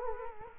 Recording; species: mosquito wingbeat signal from an infrared sensor; Culex quinquefasciatus